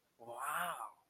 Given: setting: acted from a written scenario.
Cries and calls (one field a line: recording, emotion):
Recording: vocal sound without words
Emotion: positive surprise